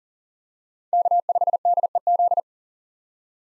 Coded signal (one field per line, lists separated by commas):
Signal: Morse code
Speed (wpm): 40 wpm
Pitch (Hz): 700 Hz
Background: none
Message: K5DEZ